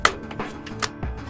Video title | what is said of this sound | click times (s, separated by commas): How To - How to build a desktop PC | hear click on one side and click on the other side | 0.1 s, 0.8 s